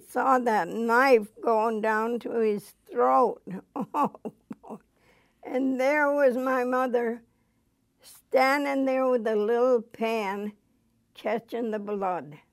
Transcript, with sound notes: I saw that knife going down to his throat. (she laughs) And there was my mother standing there with a little pan catching the blood